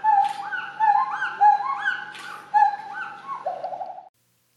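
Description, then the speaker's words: Pileated gibbons singing: looping whistled notes that rise and arc over each other, with sharp upward swoops, ending in a short wavering quavering note before silence. A mated pair singing a duet; the female was injured, kept in a rehabilitation center, and found a wild mate while recovering; duets accompany long-lasting pair bonds. "Here's a pair of pileated gibbons singing together."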